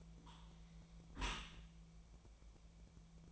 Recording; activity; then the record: daily activity, microphone in the room; close dishwasher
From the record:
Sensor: 1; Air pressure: 1000.5 hPa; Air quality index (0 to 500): 182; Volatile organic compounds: 4 ppm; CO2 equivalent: 1679 ppm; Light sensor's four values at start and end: 11/28/11/13 and 11/28/11/13